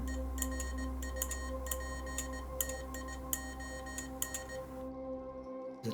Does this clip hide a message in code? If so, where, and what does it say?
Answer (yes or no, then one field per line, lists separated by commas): yes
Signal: Morse code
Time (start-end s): 0.1-4.6 s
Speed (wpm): 18 wpm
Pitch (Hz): 1850 Hz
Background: music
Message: ERUPTION